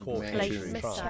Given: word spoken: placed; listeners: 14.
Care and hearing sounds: one English word in noise, from a listening test; four-talker babble; -2.3 dB; 0 of 14; 12 of 14; 0.70 s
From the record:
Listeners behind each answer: 12, 1, 1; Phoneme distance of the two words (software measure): 7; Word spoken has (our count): 1 syllable, 5 phonemes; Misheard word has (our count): 1 syllable, 4 phonemes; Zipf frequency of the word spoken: 4.40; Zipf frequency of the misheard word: 5.78

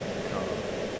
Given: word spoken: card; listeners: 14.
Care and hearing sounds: one English word in noise, from a listening test; speech-shaped noise; -6.7 dB; 0 of 14; 10 of 14; 0.59 s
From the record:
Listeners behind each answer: 10, 2, 1, 1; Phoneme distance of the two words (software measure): 7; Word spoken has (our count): 1 syllable, 3 phonemes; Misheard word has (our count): 1 syllable, 2 phonemes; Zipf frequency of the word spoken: 4.89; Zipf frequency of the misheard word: 5.44

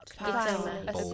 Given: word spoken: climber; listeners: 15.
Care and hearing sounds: one English word in noise, from a listening test; four-talker babble; -1.9 dB; 1 of 15; 6 of 15; 0.74 s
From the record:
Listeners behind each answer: 6, 1, 1, 1, 1, 1, 1, 1, 1, 1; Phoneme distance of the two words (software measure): 44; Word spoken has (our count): 2 syllables, 5 phonemes, stress on syllable 1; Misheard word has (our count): 1 syllable, 3 phonemes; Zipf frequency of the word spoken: 3.38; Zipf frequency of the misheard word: 5.14

